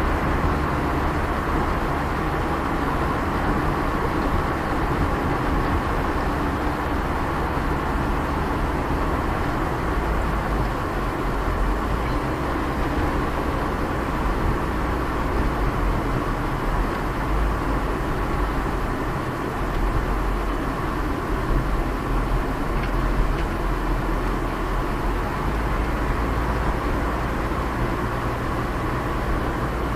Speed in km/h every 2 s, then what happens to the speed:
58, 55, 54, 52, 51, 50, 49, 48, 46, 45, 41, 40, 39, 41, 41.
0-20 slows to 41. 20-30 steady at about 41.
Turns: none.